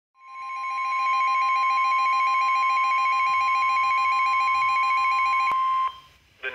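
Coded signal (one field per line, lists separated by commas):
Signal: Emergency Alert System (SAME) tones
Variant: 1050 Hz attention tone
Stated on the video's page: Severe thunderstorm warning from a NOAA Weather Radio station in Minnesota.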